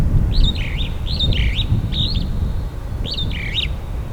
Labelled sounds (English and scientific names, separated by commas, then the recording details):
Superb Starling (Lamprotornis superbus) flight call
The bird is a female
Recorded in Kenya on 16 April 2009 at 07:32
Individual 5, of group CF1